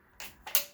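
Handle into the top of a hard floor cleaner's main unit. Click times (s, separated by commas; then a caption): 0.6 s. A handle is pushed down into the top of the main unit of a Bissell CrossWave (221x) hard floor cleaner. A scrape at 0.2 s and a short knock at 0.5 s lead into a sharp, bright click at 0.6 s with a faint ringing tail. The handle clips in and the unit is fully assembled.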